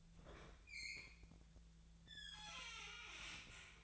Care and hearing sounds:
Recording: daily activity, microphone in the room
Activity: open fridge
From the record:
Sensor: 3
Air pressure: 1009.6 hPa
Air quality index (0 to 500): 195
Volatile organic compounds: 16 ppm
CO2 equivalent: 2535 ppm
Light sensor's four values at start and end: 35/86/37/39 and 34/84/36/38

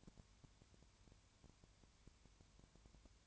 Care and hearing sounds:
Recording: daily activity, microphone in the room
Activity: no activity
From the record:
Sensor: 2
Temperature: 20.3 degrees Celsius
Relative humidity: 33.8%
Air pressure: 1003.2 hPa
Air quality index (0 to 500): 82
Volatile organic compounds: 1 ppm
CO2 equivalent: 785 ppm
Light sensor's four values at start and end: 2/3/2/2 and 2/3/2/2

